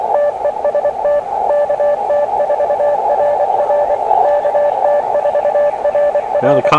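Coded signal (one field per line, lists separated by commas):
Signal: Morse code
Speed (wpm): 24 wpm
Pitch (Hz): 590 Hz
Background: speech, radio noise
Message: TEST KT4RR KT4RR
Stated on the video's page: Sent on a KX2 transceiver.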